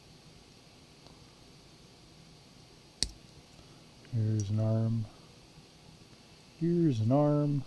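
A small plastic hand is being pushed into a Lego minifigure arm while a knight minifigure is assembled, with a single sharp tap near 3.0 seconds over quiet background noise. Someone talks from about 4.1 to 5.0 seconds and again from 6.6 seconds to the end. Nothing has seated or clicked yet; the hand is still being handled and is not yet home in the arm.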